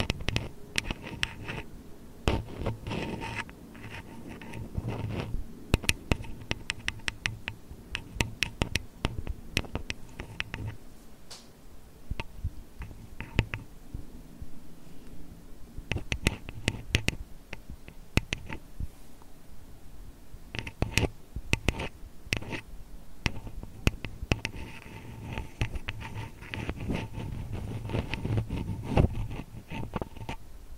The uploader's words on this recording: ASMR tapping, scratching, touching [no talking].